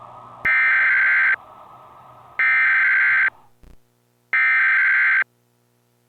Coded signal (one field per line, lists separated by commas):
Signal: Emergency Alert System (SAME) tones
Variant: header bursts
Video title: Zom-V-A20: An EAS mock scenario